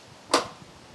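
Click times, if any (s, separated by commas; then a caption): 0.3 s. While a Magnavox D8443 portable cassette radio is being reassembled after a new gear was installed, an internal part is pushed into its housing. A single sharp, bright click sounds at 0.3 s and fades quickly against a quiet background. The part seats right in place.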